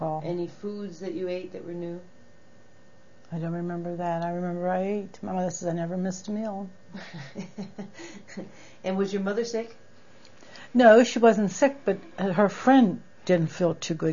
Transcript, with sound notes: Any foods that you ate that were new?
I don't remember that. I remember I ate. My mother said I never missed a meal. (laughs)
And was your mother sick?
No, she wasn't sick but her friend didn't feel too good.